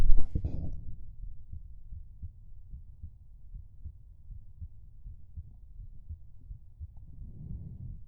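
Muffled low thumps of a pounding adult heartbeat, picked up by a microphone pressed against the chest, with handling noise.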